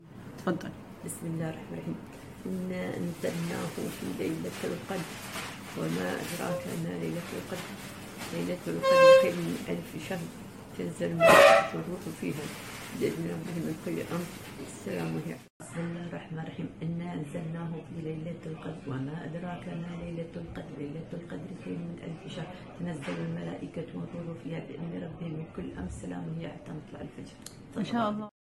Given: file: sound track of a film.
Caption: The video shows a 42-year-old female, with jaw closing dystonia triggered by recitation of Quranic verses, before and after Onabotulinumtoxin A (Botox) injection. The second half of the video illustrates significant improvement of her symptoms during recitation.